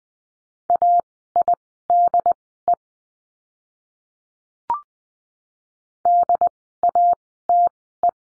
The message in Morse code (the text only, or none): AIDE DATE